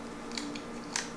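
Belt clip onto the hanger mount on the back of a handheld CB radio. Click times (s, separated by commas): 1.0 s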